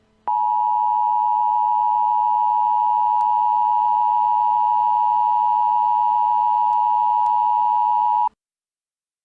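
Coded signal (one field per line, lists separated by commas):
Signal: Emergency Alert System (SAME) tones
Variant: 853 and 960 Hz attention tone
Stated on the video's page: Fictional simulated EAS scenario of a Virginia tornado outbreak, made as a realistic recreation.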